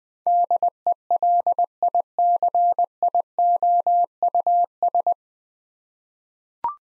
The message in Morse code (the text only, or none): DELICIOUS